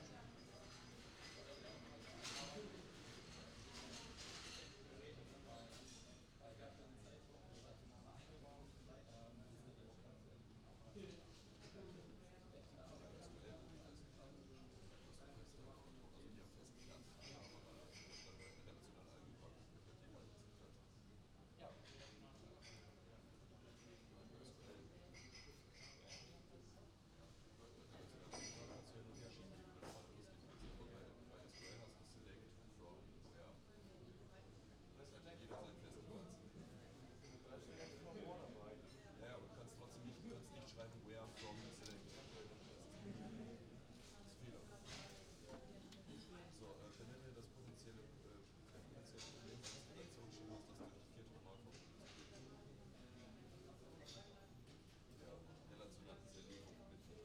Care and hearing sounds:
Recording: everyday scene through a hearing-aid microphone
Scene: many people talking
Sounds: many voices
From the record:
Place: university cafeteria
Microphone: in the ear canal, right

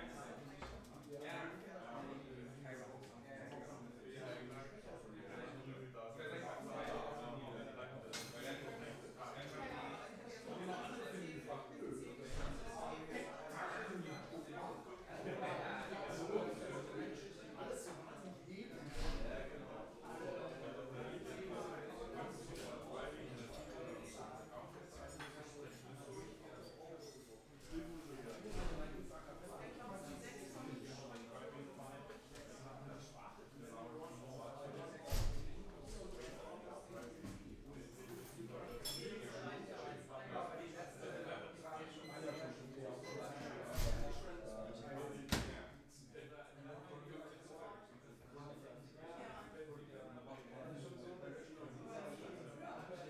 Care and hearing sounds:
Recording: everyday scene through a hearing-aid microphone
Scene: many people talking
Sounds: many voices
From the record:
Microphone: behind the ear, left, front

